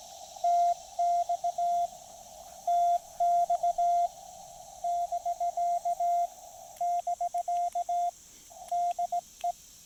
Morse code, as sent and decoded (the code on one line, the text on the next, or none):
- -..- / - -..- / -...-.- / -...-.- / -.. .
TX TX <BK> <BK> DE